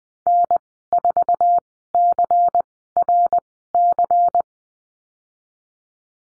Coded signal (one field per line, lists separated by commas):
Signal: Morse code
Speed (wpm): 20 wpm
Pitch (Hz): 700 Hz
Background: none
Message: N4CRC